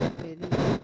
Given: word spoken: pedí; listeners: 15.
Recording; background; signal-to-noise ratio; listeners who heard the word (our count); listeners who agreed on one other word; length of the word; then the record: one Spanish word in noise, from a listening test; noise modulated by one talker; -10.0 dB; 1 of 15; 8 of 15; 0.44 s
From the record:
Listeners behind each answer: 8, 3, 1, 1, 1, 1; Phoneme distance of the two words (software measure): 7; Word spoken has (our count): 2 syllables, 4 phonemes, stress on syllable 2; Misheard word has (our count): 2 syllables, 5 phonemes, stress on syllable 2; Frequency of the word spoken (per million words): 10.52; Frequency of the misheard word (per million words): 49.88